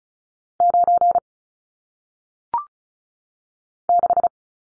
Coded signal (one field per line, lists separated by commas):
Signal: Morse code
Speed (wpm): 36 wpm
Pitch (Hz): 700 Hz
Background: none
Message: 9 6